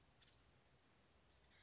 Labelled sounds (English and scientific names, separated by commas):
Western Flycatcher (Empidonax difficilis)